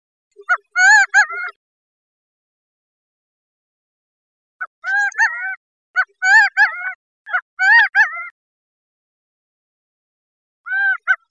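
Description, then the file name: Gambel's quail call: a burst of nasal arched and clipped notes, a long silence, a closely spaced run of calls, then another long silence and a final call. "GAMQUAIL"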